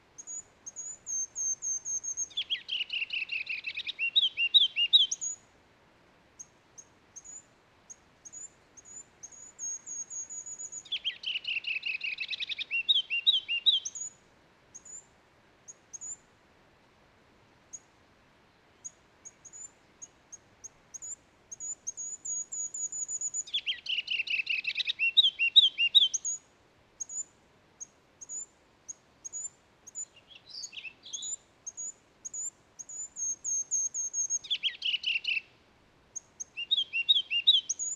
Ruby-crowned Kinglet song recorded at Mill Creek Basin in Rocky Mountain National Park.